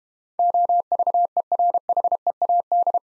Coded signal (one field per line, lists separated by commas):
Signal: Morse code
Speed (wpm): 32 wpm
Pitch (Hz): 700 Hz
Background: none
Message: OVERHEAD